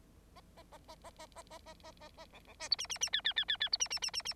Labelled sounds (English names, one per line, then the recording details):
Bengalese Finch song
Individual Bird9